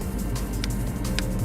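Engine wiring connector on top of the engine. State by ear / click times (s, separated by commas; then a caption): released / 1.2 s. A plastic ignition coil wiring connector, pinned on top of a Mini Cooper S engine, is pressed hard until its latch clicks free at 1.2 s, a sharp knuckle-crack-like snap. A smaller snap comes at 0.6 s over steady low background noise. The connector is released and can be taken off.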